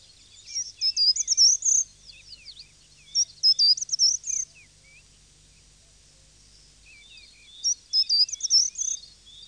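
Short-toed treecreeper repeating a brief, high, rippling song phrase three times.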